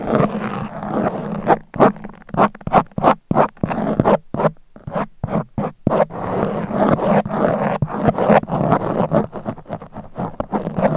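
Fingers scratch across a microphone in quick, rough strokes, each one a bright rasping burst with a low thud underneath. From about 1.5 to 6 seconds the strokes come as separate, regular swipes with brief silences between; after that they run together into denser, continuous scratching.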